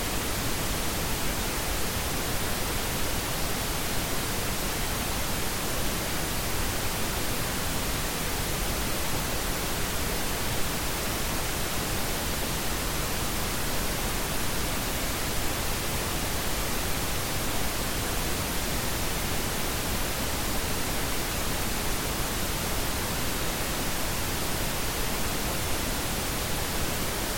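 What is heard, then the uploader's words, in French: Pink noise plays without a break, a dense, even hiss that fills every pitch from deep rumble to bright top with slightly more weight below. The level holds perfectly steady for the whole stretch, with no events, changes or other sounds. Médidation en bruit rose.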